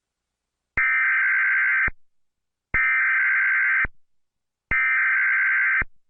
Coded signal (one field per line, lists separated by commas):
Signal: Emergency Alert System (SAME) tones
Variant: header bursts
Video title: EAS alert (use this as a prank!)